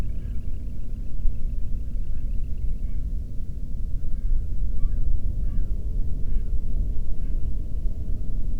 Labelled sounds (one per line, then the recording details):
waterfowl
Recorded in the Prudhoe Bay oil fields, Alaska, on 13 June 2019 at 00:35
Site 30